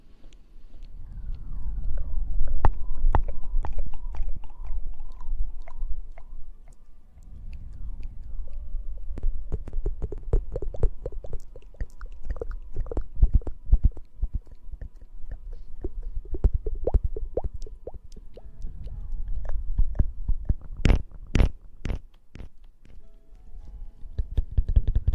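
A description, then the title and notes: Wet mouth sounds and kisses: smacks, lip pops and soft sucking clicks come in irregular clusters throughout, with a few sharp, bright pops near twenty-one seconds. A low, muffled rumble of breath and movement sits underneath, rising and falling. ASMR Kisses & Mouth sounds.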